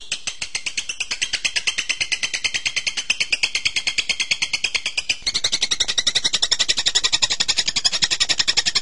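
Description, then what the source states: Bird giving a steady run of quick, high pulsed notes, growing louder partway through. Birdsong training recording (masteran) of a bird's voice.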